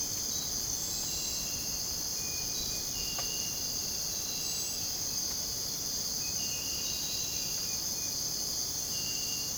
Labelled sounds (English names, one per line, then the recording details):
none
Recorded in dense forest near Puerto Asís, Putumayo, Colombia, on 23 June 2025 at 04:00
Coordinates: 0.486, -76.317
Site G065